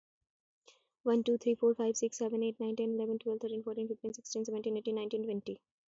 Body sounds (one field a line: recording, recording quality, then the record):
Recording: counting at a fast pace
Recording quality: excellent, no background noise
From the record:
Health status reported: respiratory illness, not identified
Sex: female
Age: 24 years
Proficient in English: yes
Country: India